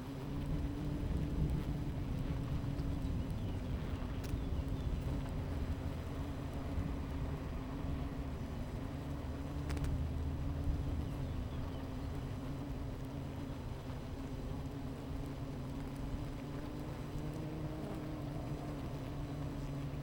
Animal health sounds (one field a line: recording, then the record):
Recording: honeybee colony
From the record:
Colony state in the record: missing queen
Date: 14 July 2017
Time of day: 11:11